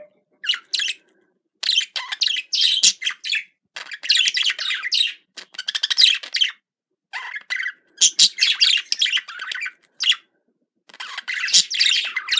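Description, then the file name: Budgerigar chatter: scratchy, warbling bursts of harsh chirps and squeaks in quick runs, broken by short pauses, with no other sounds. Described as a budgerigar love sound. "love budgerigar"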